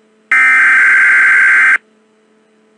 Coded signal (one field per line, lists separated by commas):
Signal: Emergency Alert System (SAME) tones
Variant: header bursts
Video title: EAS #51: NYS Math Exam (4/26/22)